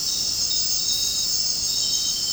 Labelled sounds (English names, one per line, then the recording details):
none
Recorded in dense forest near Puerto Asís, Putumayo, Colombia, on 12 March 2025 at 21:30
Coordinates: 0.467, -76.328
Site G041